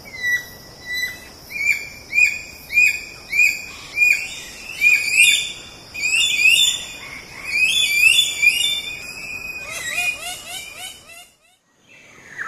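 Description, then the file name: Lorikeet calls: rapid repeated shrill chips with squeaky rising notes, growing busier, then a brief pause. "Лори -Лорикет -Попугай -Голоса-птиц"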